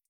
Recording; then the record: hydrophone in a shrimp aquaculture tank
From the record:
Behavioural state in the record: feeding